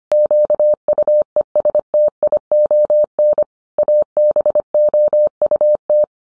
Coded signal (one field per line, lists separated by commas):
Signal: Morse code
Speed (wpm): 25 wpm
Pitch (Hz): 600 Hz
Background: none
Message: QUESTION ABOUT